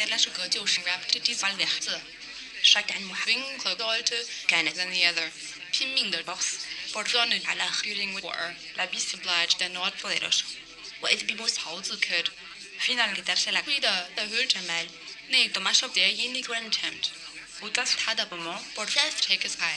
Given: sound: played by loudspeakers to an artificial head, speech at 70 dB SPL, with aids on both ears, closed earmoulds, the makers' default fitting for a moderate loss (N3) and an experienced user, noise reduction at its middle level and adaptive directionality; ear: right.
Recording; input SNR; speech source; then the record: speech test signal (ISTS) in cocktail-party noise; +9 dB; in front (0 degrees)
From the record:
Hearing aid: class 1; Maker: B